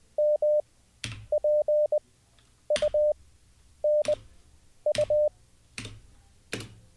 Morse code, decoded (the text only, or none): M P U N U